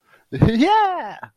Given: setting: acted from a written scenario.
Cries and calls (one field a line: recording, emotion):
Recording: vocal sound without words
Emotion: triumph